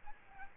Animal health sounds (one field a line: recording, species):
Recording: mosquito wingbeat signal from an infrared sensor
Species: Aedes albopictus